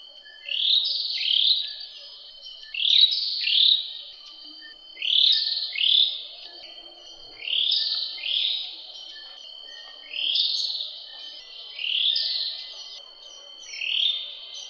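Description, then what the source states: Oriental magpie-robin repeating paired swooping whistled notes every two seconds or so, each pair bright and clear, with faint steady high tones behind. Continuous song, from a recording over an hour long.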